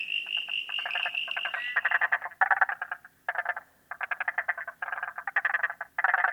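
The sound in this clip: Frog call as a steady high trill that breaks into repeated bursts of rapid rattling pulses.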